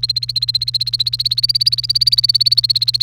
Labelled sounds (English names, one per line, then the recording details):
Domestic Canary song
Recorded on 30 April 2018 at 17:45
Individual llb3